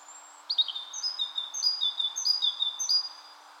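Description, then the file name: Great tit calling with bright, high metallic notes in quick repeated two- and three-note phrases, over faint steady background hiss. "Parus major"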